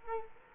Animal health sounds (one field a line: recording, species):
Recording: mosquito wingbeat signal from an infrared sensor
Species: Culex quinquefasciatus